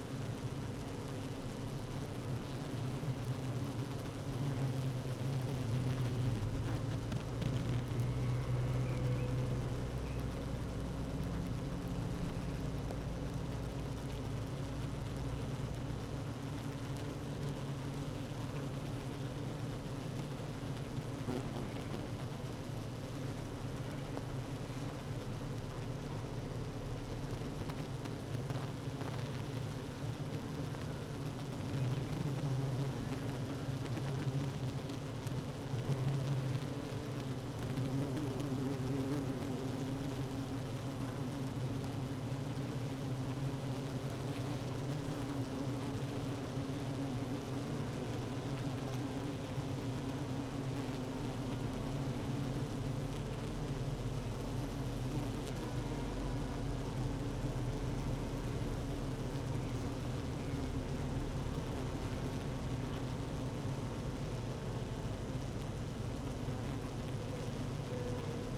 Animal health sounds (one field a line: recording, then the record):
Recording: honeybee colony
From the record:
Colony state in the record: active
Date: 12 June 2018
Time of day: 15:37